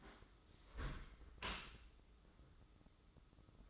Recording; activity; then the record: daily activity, microphone in the room; close dishwasher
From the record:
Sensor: 3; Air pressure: 995.8 hPa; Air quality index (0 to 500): 97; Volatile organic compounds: 13 ppm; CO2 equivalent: 2428 ppm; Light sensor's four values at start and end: 29/87/37/32 and 29/87/37/32